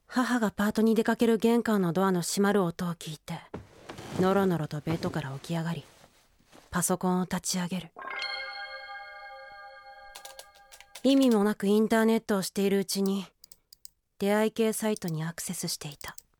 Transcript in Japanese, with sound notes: 母がパートに出かける玄関のドアの閉まる音を聞いて、のろのろとベッドから起き上がり、パソコンを立ち上げる。 （パソコンを開く音、キーを叩く） 意味もなくインターネットをしているうちに、出会い系サイトにアクセスしていた。